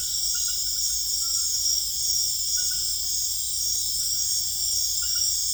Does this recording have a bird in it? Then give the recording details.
no. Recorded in secondary vegetation near Puerto Asís, Putumayo, Colombia, on 20 December 2024 at 21:00. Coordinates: 0.488, -76.319. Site GP04